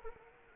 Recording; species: mosquito wingbeat signal from an infrared sensor; Anopheles arabiensis